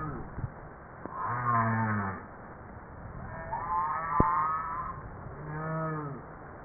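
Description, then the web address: Humpback whale calls: a series of harmonic moans, some sliding down and others arching, with a brighter rising tone in the middle and a few sharp clicks. "JASA 2013 Blue Bowhead Fin Humpback Southern Right Whale humpback"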